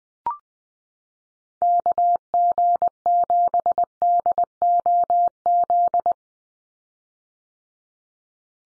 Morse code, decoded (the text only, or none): KG7DOZ